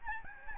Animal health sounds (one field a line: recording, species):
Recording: mosquito wingbeat signal from an infrared sensor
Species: Aedes albopictus